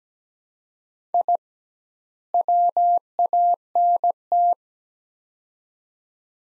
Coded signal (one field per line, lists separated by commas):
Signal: Morse code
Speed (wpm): 17 wpm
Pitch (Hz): 700 Hz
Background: none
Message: I WANT